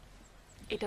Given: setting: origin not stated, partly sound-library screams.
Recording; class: one-second piece from a danger detection set; normal situation